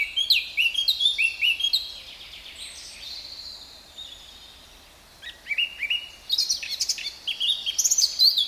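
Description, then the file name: Eurasian blackcap song: chattering warble at the start, a softer, quieter middle, then renewed high, scratchy and whistled notes. "Sylvia atricapilla"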